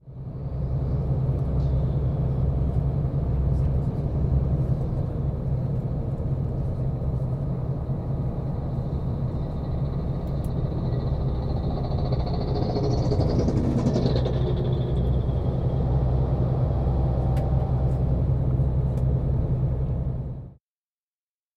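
Roadworks heard from inside a passing bus: a steady, heavy low rumble of the engine and road fills the whole recording. Around thirteen to fourteen seconds a brighter rising-and-falling whine sweeps past, then the rumble continues until it stops abruptly near twenty seconds.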